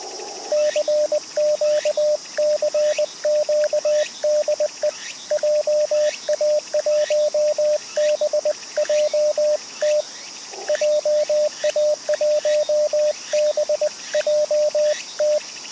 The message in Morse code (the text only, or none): CQ CQ DE JA1BJT JA1BJT